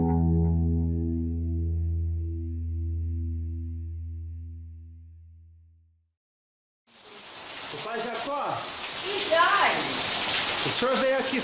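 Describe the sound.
A low, sustained synth-like tone fades out into a brief silence, then a dense, steady hiss of rain starts up while people talk over it.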